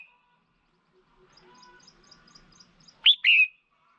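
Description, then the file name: Red-whiskered bulbul call: one loud, slurred two-part chirp near the end, preceded by faint high ticking sounds. Female. "tieng chao mao mai"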